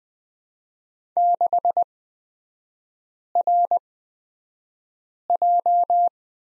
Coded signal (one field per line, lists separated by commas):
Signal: Morse code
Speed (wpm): 20 wpm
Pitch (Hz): 700 Hz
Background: none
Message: 6RJ